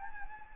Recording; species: mosquito wingbeat signal from an infrared sensor; Anopheles gambiae